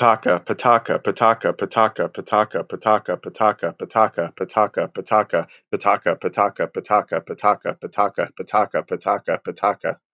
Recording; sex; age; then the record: repeated syllables /pa ta ka/; male; 30 to 39 years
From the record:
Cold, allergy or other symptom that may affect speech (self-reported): no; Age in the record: 35 years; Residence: Tennessee, United States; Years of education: 13